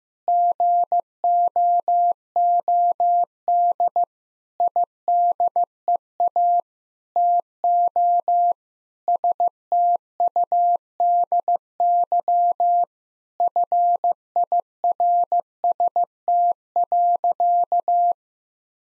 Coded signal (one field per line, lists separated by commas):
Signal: Morse code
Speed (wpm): 15 wpm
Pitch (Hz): 700 Hz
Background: none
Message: GOOD IDEA TO STUDY FIRST.